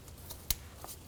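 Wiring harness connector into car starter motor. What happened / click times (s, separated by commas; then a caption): The connector latched into place / 0.5 s. A plastic wiring harness electrical connector is pushed onto the terminal of a new starter motor on a 2013-2017 Honda Accord until its locking tab engages. A single sharp click stands out at 0.5 s above a low, steady background, with faint soft rustles around it. The connector is seated.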